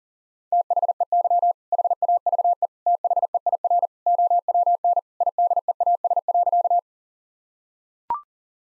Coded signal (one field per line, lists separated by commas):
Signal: Morse code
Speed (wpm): 37 wpm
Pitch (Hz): 700 Hz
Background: none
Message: THEY HAVE THEIR OWN IDEAS.